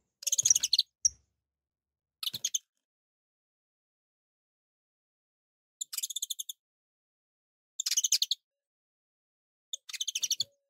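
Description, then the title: Domestic canary song: several short bursts of rapid buzzy chirping separated by silent pauses, no other sounds present. Portuguese canary breed. "Kenari Portugis"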